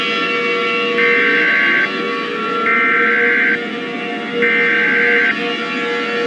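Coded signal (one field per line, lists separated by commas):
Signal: Emergency Alert System (SAME) tones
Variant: header bursts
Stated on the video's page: Fictional EAS scenario alert about war in the USA.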